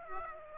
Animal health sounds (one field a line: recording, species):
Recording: mosquito wingbeat signal from an infrared sensor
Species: Aedes aegypti